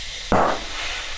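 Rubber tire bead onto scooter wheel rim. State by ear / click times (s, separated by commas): seated / 0.3 s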